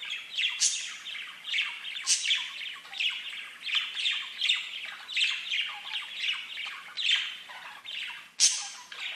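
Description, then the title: Budgerigar calls: continuous rapid, scratchy warbling chatter with frequent sharp squawks. "Budgie Sounds"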